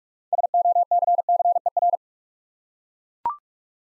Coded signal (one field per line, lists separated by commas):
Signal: Morse code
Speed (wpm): 44 wpm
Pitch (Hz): 700 Hz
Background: none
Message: SOCCER